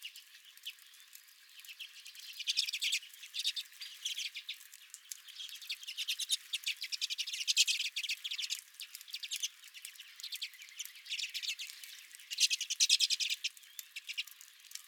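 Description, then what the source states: Redpolls chattering continuously, rapid dry trills from several birds rising and falling in loudness throughout. Redpolls at the recordist's own feeder.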